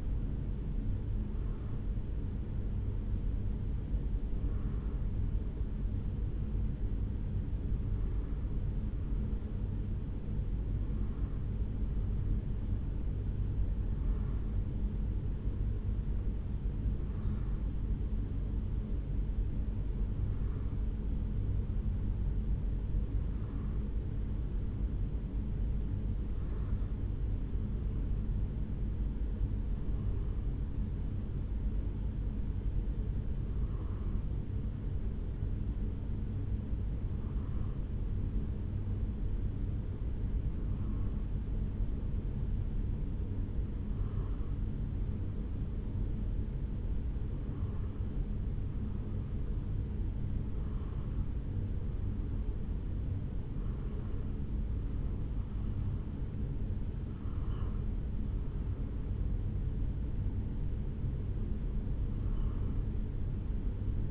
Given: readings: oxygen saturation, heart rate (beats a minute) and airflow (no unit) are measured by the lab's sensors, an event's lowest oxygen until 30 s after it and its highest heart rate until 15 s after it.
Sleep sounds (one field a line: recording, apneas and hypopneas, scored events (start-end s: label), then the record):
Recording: a person awake in a sleep study, by a smartphone at the bedside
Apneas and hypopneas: none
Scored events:
0.00-64.11 s: awake
From the record:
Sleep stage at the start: awake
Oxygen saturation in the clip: 92 to 93%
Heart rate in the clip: 68 to 76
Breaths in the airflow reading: 19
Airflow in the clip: -4.0 to 5.4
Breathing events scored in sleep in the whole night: 449 in 7.0 hours asleep